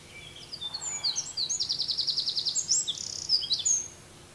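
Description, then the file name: Eurasian wren singing a loud, high, tumbling phrase of quick notes with a long rattling trill in the middle and bright whistled flourishes at the end. "Troglodytes troglodytes"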